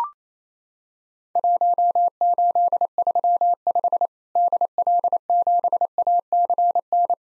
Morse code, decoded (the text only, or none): 1835 DL7ACN